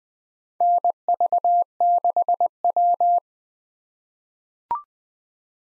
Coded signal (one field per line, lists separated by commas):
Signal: Morse code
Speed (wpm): 20 wpm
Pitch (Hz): 700 Hz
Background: none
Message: NV6W